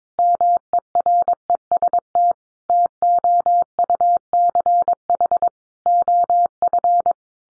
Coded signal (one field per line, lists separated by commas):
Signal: Morse code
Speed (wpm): 22 wpm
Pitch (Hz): 700 Hz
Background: none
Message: MEREST TOUCH OF